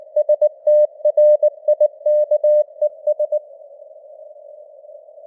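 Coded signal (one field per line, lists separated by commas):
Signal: Morse code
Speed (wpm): 19 wpm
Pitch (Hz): 600 Hz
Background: none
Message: STRIKES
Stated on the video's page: Morse news headlines at 19 wpm with simulated radio noise and varying signal strength (QSB).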